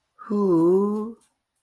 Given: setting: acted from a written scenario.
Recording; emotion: vocal sound without words; adoration